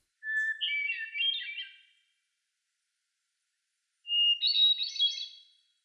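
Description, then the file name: Hermit thrush singing two flute-like phrases about four seconds apart, each a clear sustained opening note followed by a rapid shimmering flourish, the second pitched higher. "John Neville - Hermit Thrush Grive Solitaire"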